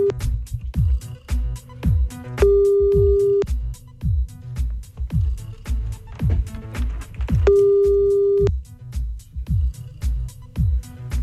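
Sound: telephone dialing and ringing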